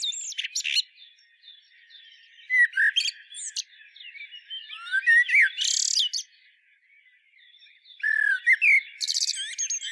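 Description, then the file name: Common blackbird singing mellow whistles broken by sharp high twittering flourishes, with a quiet gap before a final phrase. "Turdus merula"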